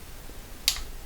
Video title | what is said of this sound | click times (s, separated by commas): WADSN Fast FTC ET Mount for the G43 Magnifier Review | There you go. That was the click. So now it's all the way in. | 0.7 s